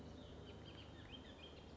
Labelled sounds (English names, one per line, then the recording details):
Bullock's Oriole
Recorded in Sonoma County, California